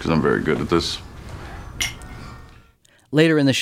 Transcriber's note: soundbite of glasses clinking